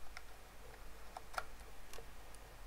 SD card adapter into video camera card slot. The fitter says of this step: it in until you hear like a click sound there you go there's a click sound